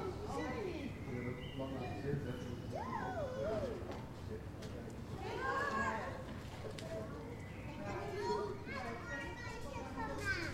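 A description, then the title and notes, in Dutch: Inside a daycare center, many young children talk, call out and squeal at once in a dense, continuous babble. High, gliding voices rise above the crowd around three, five to six, and eight seconds, while a low, steady murmur fills the room throughout. Kinderdagverblijf/Daycare Center Den Haag. Recorded with the Zoom's internal mics.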